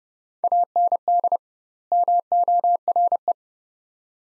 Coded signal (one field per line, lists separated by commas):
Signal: Morse code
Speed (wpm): 29 wpm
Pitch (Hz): 700 Hz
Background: none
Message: AND MORE